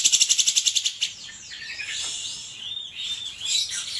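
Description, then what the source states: Grey-cheeked Bulbul song: rapid high ticking opens, then arching whistled phrases sweep up and down. Song used for training cage birds (masteran).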